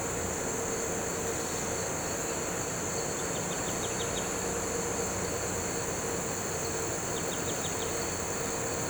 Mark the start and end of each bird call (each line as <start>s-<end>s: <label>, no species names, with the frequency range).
3.15s-4.31s: bird call (2.6-3.9 kHz)
7.16s-7.89s: bird call (2.5-4.1 kHz)